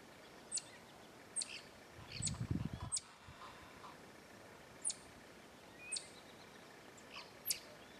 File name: Canto do Mico Estrela